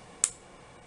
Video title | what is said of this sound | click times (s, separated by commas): UTAC Pistol Light Review! Quick Detach Model. Economic and Valuable | forward until it locks into place and now you have | 0.2 s